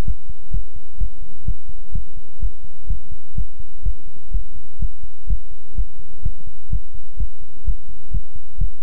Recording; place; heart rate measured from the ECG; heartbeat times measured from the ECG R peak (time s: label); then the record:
heart sounds by stethoscope; between the tricuspid and mitral areas; 127 bpm
0.05 s: heartbeat
0.51 s: heartbeat
0.98 s: heartbeat
1.45 s: heartbeat
1.92 s: heartbeat
2.39 s: heartbeat
2.87 s: heartbeat
3.35 s: heartbeat
3.83 s: heartbeat
4.31 s: heartbeat
4.79 s: heartbeat
5.27 s: heartbeat
5.75 s: heartbeat
6.22 s: heartbeat
6.70 s: heartbeat
7.17 s: heartbeat
7.64 s: heartbeat
8.11 s: heartbeat
8.58 s: heartbeat
From the record:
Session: pedaling a stationary bicycle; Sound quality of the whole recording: good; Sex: male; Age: 24 years